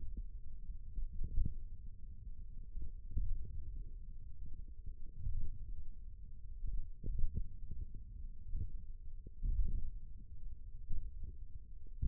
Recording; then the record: forearm muscle sounds (acoustic myography)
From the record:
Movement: thumb flexion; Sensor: system 1, eight BSWA MPA416 microphones around the upper forearm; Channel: 3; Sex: male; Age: 28 years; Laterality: right